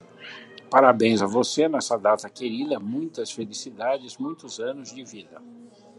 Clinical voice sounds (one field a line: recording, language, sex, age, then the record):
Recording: short text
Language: Brazilian Portuguese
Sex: male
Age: 70 to 79 years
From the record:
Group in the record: control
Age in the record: 71 years